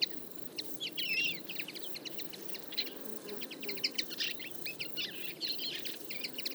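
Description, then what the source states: Common Linnet twittering: many birds giving rapid chirps and short warbled phrases almost without pause, over low background hum. Flock of about fifty feeding in a field, late summer; calls, flights and autumn babbling; recorded for an hour with a single-microphone parabola.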